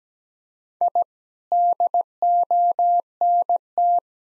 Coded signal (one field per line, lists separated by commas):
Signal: Morse code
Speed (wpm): 17 wpm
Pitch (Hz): 700 Hz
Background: none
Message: I DONT